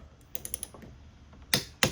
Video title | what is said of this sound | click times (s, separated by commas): HELIBARS HANDLEBAR RISERS INSTALLATION ON 2022 PAN AMERICA SPECIAL @helibars | one two clicks keep the | 1.5 s, 1.8 s